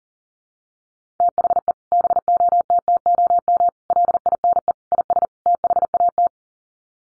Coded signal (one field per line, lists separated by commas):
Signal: Morse code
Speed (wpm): 38 wpm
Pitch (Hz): 700 Hz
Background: none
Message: THE BOTTOM LINE IS THAT